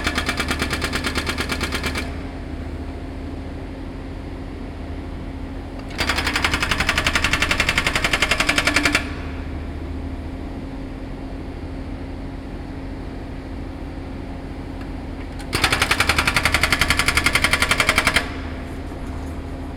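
Public works: a steady low engine rumble runs throughout, with a constant hum underneath. Three bursts of rapid, hard mechanical hammering break in, at the start, around six to nine seconds, and again from about fifteen to eighteen seconds, much louder and brighter than the background.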